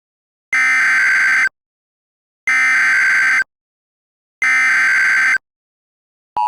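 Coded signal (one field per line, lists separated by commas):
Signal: Emergency Alert System (SAME) tones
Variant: header bursts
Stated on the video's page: Fictional EAS scenario made by the uploader, not a real alert.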